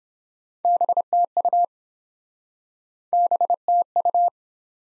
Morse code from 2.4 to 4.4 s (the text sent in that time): BTU